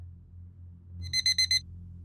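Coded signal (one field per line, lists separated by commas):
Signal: none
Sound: interval timer beeps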